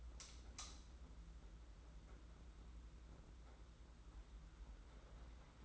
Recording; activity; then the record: daily activity, microphone in the room; light on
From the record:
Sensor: 3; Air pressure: 991.9 hPa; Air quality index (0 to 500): 224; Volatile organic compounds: 1000 ppm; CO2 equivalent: 7709 ppm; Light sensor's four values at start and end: 23/61/24/21 and 16/38/15/14